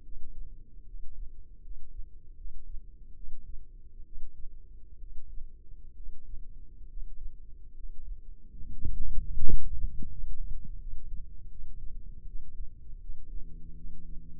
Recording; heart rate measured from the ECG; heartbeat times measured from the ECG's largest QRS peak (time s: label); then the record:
heart sounds by microphone in the left ear; 74 bpm
0.01 s: heartbeat
0.83 s: heartbeat
1.60 s: heartbeat
2.34 s: heartbeat
3.13 s: heartbeat
4.02 s: heartbeat
4.97 s: heartbeat
5.93 s: heartbeat
6.86 s: heartbeat
7.72 s: heartbeat
8.54 s: heartbeat
9.33 s: heartbeat
10.08 s: heartbeat
10.77 s: heartbeat
11.48 s: heartbeat
12.24 s: heartbeat
12.98 s: heartbeat
13.74 s: heartbeat
From the record:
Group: healthy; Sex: female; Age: 32 years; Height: 168 cm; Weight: 61.9 kg